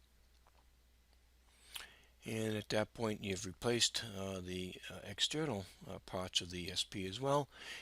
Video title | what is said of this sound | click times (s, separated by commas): Dell Storage Unity XT: Remove/Install Storage Processor | And you push it in. You make sure it's locked into place. | 1.8 s